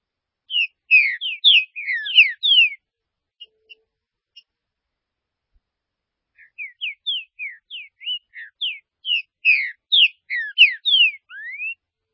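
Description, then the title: Green-winged saltator giving a run of rapid, clear whistled notes, a pause, then a longer phrase ending in a rising whistle. "Trinca Ferro"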